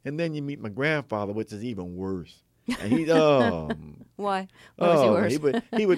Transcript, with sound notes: And then you meet my grandfather, which is even worse. And he's...
(Laughter) Why was he worse?